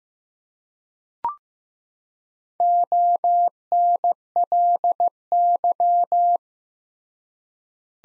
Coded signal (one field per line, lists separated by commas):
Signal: Morse code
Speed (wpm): 15 wpm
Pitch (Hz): 700 Hz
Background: none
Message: ONLY